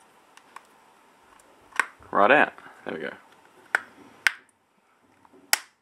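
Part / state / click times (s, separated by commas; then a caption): plastic back cover onto smartphone body / seated / 3.8 s, 4.3 s, 5.5 s. The plastic back cover of a Google Nexus S smartphone is pressed down onto the phone's body, and its clips snap home one after another in sharp clicks at 3.8, 4.3 and 5.5 seconds, with fainter ticks and handling sounds around them. Someone talks briefly in the middle. The cover is seated as a very tight fit.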